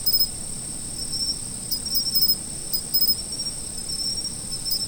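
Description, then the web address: Insect chorus with a continuous high-pitched trill and brief bursts of pulsed chirps scattered through, soft low background noise beneath. Autumn insects. "sound nature 01 autumn insects"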